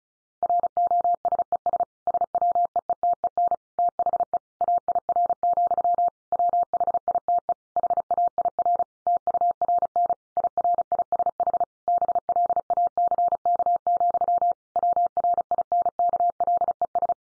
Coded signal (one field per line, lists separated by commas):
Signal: Morse code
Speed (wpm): 34 wpm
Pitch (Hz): 700 Hz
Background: none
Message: ROSES SWEETEN THE AIR, WHITE HAIR TURN IRISH BLACK, WRINKLES